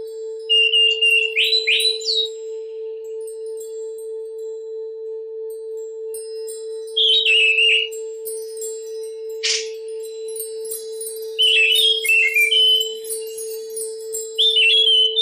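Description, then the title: Oriental magpie-robin song in separate bursts of varied whistles and chirps, broken by several seconds of quiet, one sharp sweeping note midway, and a steady hum underneath. "Kicau Kacer"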